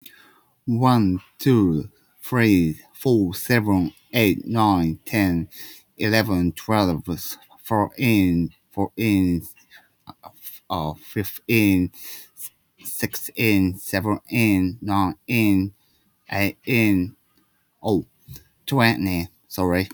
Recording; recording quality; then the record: counting at a fast pace; excellent, no background noise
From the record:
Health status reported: respiratory illness, not identified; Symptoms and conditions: cough, fever, pneumonia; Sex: male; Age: 39 years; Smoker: yes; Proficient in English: yes